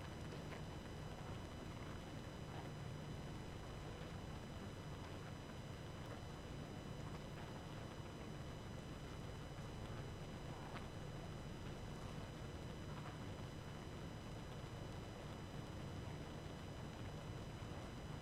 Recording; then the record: honeybee colony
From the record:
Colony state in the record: active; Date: 12 June 2018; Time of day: 23:56